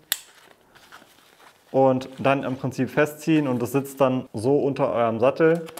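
A saddle bag strap is pulled through the saddle rails and its plastic buckle is closed on the other side, giving one sharp click at 0.1 s. A faint tick follows at 0.5 s, then someone talks. The buckle clicks shut and the bag sits under the saddle, ready to be tightened.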